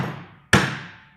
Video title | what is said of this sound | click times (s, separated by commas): 7.3 oil cooler leak Power Stroke turbo diesel oil cooler oring repair | There it goes. You hear that click? What it's doing is hitting that pin right there when it's fully seated. | 0.5 s